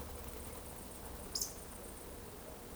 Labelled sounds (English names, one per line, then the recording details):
Eurasian Woodcock whistle
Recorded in Baden-Württemberg, Germany, on 23 June 2020 at 20:31 UTC
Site 14569, 102 m above sea level